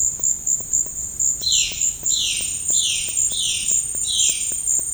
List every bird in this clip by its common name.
Violaceous Jay